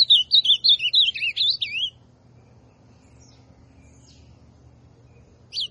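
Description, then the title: Ultramarine grosbeak singing one fast, rolling phrase of looping whistled notes lasting about two seconds, followed by quiet with a single short note at the end. Classic song style. "Azulão Canto Clássico"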